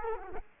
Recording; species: mosquito wingbeat signal from an infrared sensor; Culex quinquefasciatus